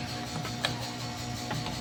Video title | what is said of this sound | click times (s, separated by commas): DISKARTE SA ORDER ONLINE NA MALI? (TOILET BOWL COVER) | kasi yung mga style nito naka-lock na yan hindi na yan maano | 0.6 s